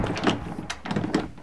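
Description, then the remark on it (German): A house door is pushed shut to stop a cold draft of wind coming in, with a shuffling scrape followed by a couple of sharp knocking thuds as it closes. No voices are heard. “Tür zu, es zieht!”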